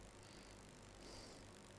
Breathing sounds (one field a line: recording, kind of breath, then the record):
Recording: one breath in and out by a microphone near the nose and mouth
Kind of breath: normal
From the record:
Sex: male